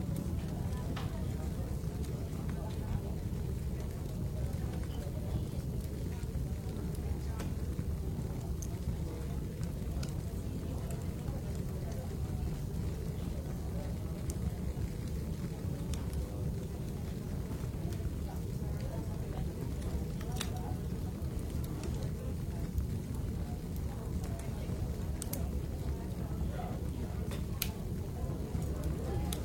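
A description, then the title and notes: A matcha tea shop hums with a steady low rumble and murmuring voices, while light clicks and clinks pop up throughout. The Japanese-style matcha tea shop slowly brews tea.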